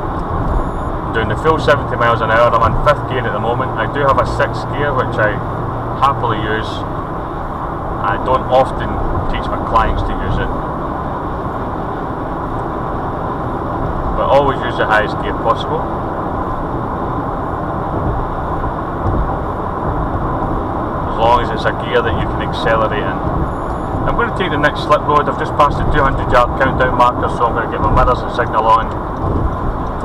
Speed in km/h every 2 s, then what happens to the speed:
101, 101, 103, 101, 100, 100, 100, 101, 101, 103, 103, 103, 100, 100, 97.
0-23 steady at about 101. 23-30 slows to 97.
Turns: none.